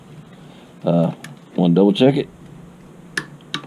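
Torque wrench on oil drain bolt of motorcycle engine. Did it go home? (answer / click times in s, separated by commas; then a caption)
yes / 3.2 s, 3.5 s. Someone talks, then a torque wrench rechecking the oil drain bolt on a Kawasaki Ninja ZX-14R motorcycle engine gives two sharp clicks at 3.2 and 3.5 seconds. The bolt does not turn, confirming it is already at the 21 foot-pounds of torque applied.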